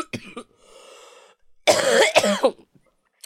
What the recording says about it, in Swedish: Nu med min hosta och allting det låter ju som dina lungor ska åka upp. Den här hostan är inte toppen. Jag vaknade ju 6 i morse och bara hostade och hostade.